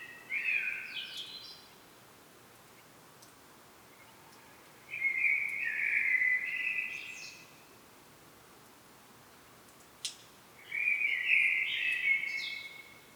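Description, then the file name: Common blackbird song: three warbled, fluty phrases, each about two seconds long with a brief higher twitter, separated by pauses, over faint background hiss. "Turdus merula"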